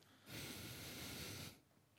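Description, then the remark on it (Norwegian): A single loud breath pushed through the nose straight into a microphone by one of the radio hosts, a rough, breathy rush lasting just over a second before cutting back to near silence. “Hvem var det som pustet med nesa inn i mikrofonen?”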